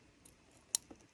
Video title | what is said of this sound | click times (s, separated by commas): ⭐Installer une camera de recul sur Porsche 997.1⭐ install a rear camera on Porsche 997 | On écoute bien le clac, histoire qu'il soit bien branché. | 0.7 s